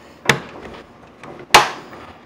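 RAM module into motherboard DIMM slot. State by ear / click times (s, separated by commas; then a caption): seated / 0.3 s, 1.6 s. A second RAM stick is pressed firmly into its DIMM slot on an HP desktop motherboard, with loud sharp snaps at 0.3 s and 1.6 s as each side latch locks. Fainter clicks and handling noise come in between and after. The module is seated.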